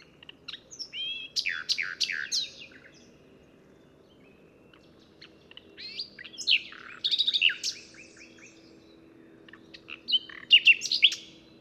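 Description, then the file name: Common nightingale song of chattering, varied phrases of sharp notes and twitters, each separated by pauses of a few seconds. "Luscinia megarhynchos"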